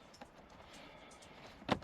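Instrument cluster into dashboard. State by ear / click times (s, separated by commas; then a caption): not seated / none. An instrument cluster housing from a Peugeot RCZ / 308 is pushed back into the dashboard by hand, without tools, after its plug has been reconnected. A faint tap is heard near 0.2 s and a louder knock around 1.7 s, over a low background. The cluster has not clipped in yet.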